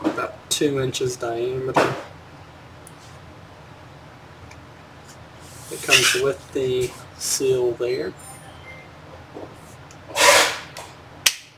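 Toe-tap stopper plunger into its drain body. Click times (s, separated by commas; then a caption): 11.3 s. Someone talks while a Gerber 97-851 toe-tap drain stopper assembly, a plunger with a seal on an arm sized for about a 2-inch diameter drain, is handled. The plunger is pushed down into its drain body, and a sharp snap at 11.3 s marks it locking in its closed position.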